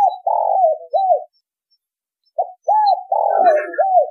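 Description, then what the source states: Spotted dove cooing: the end of one phrase, then a full phrase of arched notes with a longer burry coo; a faint extra sound briefly overlaps the second phrase. Vietnamese cooing style called giọng thổ đồng.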